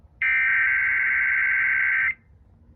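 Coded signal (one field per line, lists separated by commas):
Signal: Emergency Alert System (SAME) tones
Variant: header bursts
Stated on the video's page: Tornado drill and weekly/monthly test tones carried over NOAA Weather Radio and FM broadcast stations.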